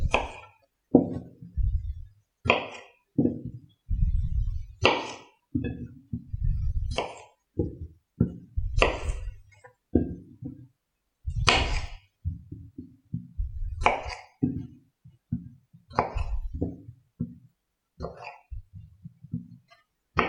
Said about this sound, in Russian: Помидорки я нарезала.